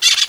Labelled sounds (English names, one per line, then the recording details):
Brown-throated Parakeet contact call
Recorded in Venezuela
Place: Guárico; Corozopando; Fundo La Fe
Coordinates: 8.506, -67.593